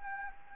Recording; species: mosquito wingbeat signal from an infrared sensor; Anopheles gambiae